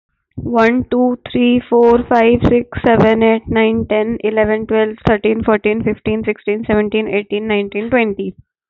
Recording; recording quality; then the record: counting at a fast pace; excellent, no background noise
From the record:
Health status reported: healthy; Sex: female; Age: 25 years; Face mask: not worn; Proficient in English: yes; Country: India